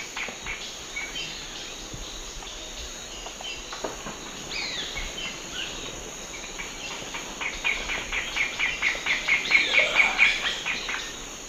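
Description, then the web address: Bay hornero song: a series of sharp repeated notes that grows louder toward the end, over a steady high insect whine and busy background noise. South America, eastern lowlands. "Natures Songs S America Eastern Lowlands. Furnarius torridus, song"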